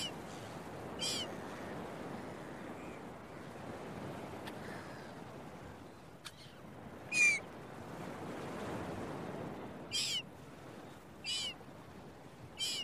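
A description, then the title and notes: Beach waves wash in a steady, soft rush, swelling gently around the middle and again near the end. Seagulls cry in short, bright calls at about one, seven, ten, eleven and thirteen seconds, standing out sharply over the surf. Early Morning Seagulls and Beach Waves.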